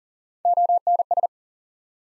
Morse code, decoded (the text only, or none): ONS